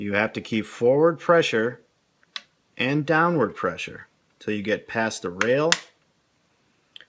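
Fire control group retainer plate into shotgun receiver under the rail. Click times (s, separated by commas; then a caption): 7.0 s. Someone talks while reinstalling the factory fire control group in a Vepr 12 shotgun receiver, rotating the steel retainer plate down with forward and downward pressure until it passes the rail. A short, sharp click at 7.0 s marks the plate seating under the bottom of the rail.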